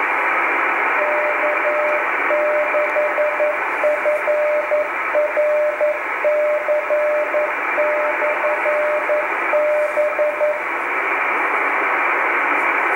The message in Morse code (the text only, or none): K6FRC/B